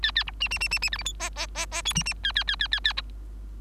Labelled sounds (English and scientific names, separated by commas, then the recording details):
Bengalese Finch (Lonchura striata domestica) song
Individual Bird3